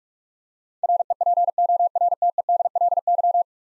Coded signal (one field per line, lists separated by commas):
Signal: Morse code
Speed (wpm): 44 wpm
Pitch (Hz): 700 Hz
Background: none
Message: REPORTEDLY